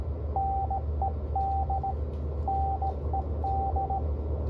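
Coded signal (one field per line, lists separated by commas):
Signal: Morse code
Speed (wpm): 15 wpm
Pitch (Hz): 780 Hz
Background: radio noise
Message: NED NED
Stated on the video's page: Straight key Morse in a live QSO, received on a KH1.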